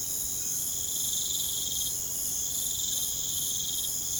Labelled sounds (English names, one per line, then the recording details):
none
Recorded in pastures near Puerto Asís, Putumayo, Colombia, on 23 June 2025 at 22:30
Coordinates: 0.472, -76.331
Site G095